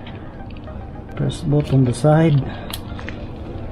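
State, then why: Not seated. A plastic frangible seal on a peritoneal dialysis tubing line is handled as someone talks and presses on both sides of it, with a few faint short ticks in the background. The seal has not clicked into place or broken open yet; that click would mean the seal is broken and open.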